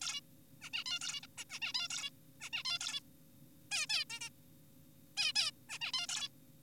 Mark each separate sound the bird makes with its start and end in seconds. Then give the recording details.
0.01-0.21, 0.61-0.70, 0.73-0.84, 0.86-0.99, 1.01-1.21, 1.23-1.26, 1.38-1.44, 1.50-1.59, 1.62-1.73, 1.74-1.88, 1.90-2.10, 2.41-2.50, 2.53-2.63, 2.65-2.79, 2.81-3.00, 3.71-3.86, 3.90-4.05, 4.10-4.20, 4.21-4.29, 5.17-5.32, 5.36-5.51, 5.70-5.79, 5.81-5.92, 5.93-6.07, 6.09-6.29. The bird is an adult. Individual g4p5U